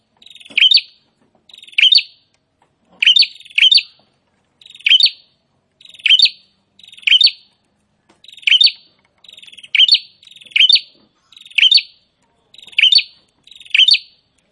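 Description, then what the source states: Prinia song: buzzy phrases, each a short rasping trill ending in a sharp high note, repeated about every second with irregular gaps. Prinia singing actively (gacor).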